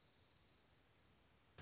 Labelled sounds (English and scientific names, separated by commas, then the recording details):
Dark-eyed Junco (Junco hyemalis)
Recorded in Sonoma County, California